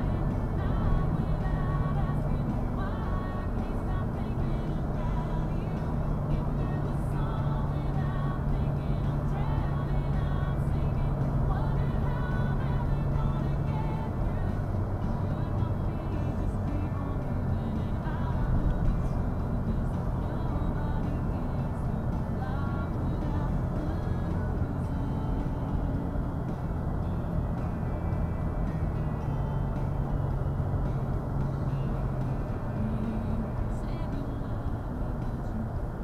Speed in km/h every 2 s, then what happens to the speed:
82, 81, 77, 77, 76, 76, 74, 76, 76, 76, 74, 76, 74, 74, 72, 72, 69, 66.
0-11 slows to 74. 11-27 steady at about 74. 27-36 slows to 66.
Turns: none.